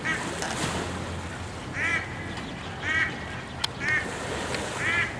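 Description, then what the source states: Duck calls, single nasal quacks spaced roughly one second apart over a steady noisy background, with a sharp click midway. Several ducks calling on Menorca.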